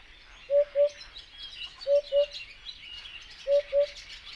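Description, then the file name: Eurasian hoopoe calling with low, hollow double hoots, three pairs spaced about one and a half seconds apart, with faint high bird chatter behind. Subspecies epops, recorded at Yekpyndy, Kazakhstan, on 26 May 2011. "110526 ehoop-epops kz yekpyndy"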